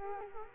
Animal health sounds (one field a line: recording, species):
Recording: mosquito wingbeat signal from an infrared sensor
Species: Culex quinquefasciatus